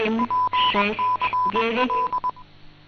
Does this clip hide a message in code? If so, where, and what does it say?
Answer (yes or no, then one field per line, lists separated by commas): yes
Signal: Morse code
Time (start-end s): 0.2-2.3 s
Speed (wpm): 21 wpm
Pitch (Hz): 1000 Hz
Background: speech, radio noise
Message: PCL